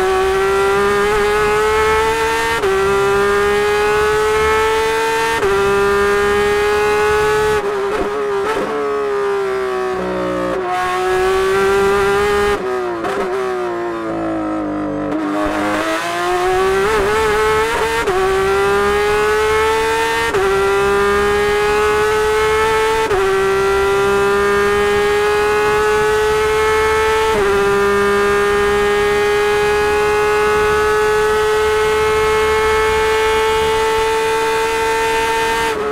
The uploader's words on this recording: Porsche 911 RSR In-Car Audio at Petit Le Mans 2019. Ride inside the Coke-liveried factory Porsche 911 RSR at Petit Le Mans. During practice at Road Atlanta in 2019. Wind the glorious 4.0-liter flat-six engine to its limit and fly around the daunting road course.